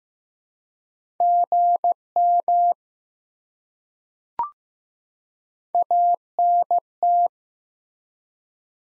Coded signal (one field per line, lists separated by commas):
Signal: Morse code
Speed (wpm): 15 wpm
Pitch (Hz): 700 Hz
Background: none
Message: GM ANT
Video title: Top 20 QSO Elements 15wpm